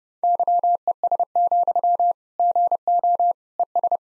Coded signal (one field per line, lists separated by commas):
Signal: Morse code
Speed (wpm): 28 wpm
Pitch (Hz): 700 Hz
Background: none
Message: YES, GO ES